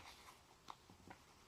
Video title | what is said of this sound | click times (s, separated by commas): Samsung Galaxy A71 5G Unlocked - Unboxing and Review | it just snaps into place | 0.7 s